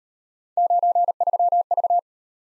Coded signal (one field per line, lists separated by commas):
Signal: Morse code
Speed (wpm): 38 wpm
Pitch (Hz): 700 Hz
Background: none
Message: 93V